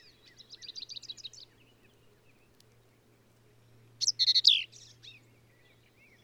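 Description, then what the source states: Black-capped vireo: a soft series of quick repeated notes, a quiet gap, then a loud warbled phrase, over a steady low hum. Male, endangered; phrases sung alone, truncated, embellished or run together in a lively, emphatic performance; Kerr Wildlife Management Area, Hunt, Texas hill country; same individual throughout.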